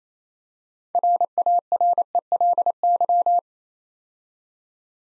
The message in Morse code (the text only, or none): RARELY